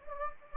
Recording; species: mosquito wingbeat signal from an infrared sensor; Anopheles gambiae